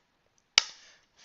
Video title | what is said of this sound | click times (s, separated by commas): UnBoxing - Mio Sakamoto Figurine | that and that clicks into place perfectly just like that and now | 0.6 s